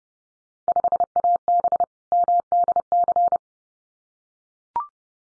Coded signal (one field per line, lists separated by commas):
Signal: Morse code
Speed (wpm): 30 wpm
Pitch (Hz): 700 Hz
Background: none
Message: 5AB MDC